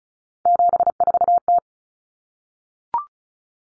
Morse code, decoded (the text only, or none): 74T